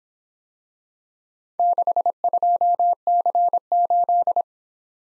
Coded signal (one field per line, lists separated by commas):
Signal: Morse code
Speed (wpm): 26 wpm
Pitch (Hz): 700 Hz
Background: none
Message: 62C8